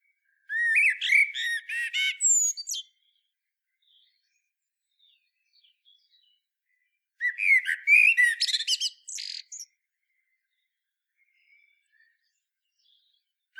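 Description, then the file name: Common blackbird song: two phrases separated by a long pause, each opening with low fluty warbles and ending in rapid squeaky twittering notes. "Turdus merula"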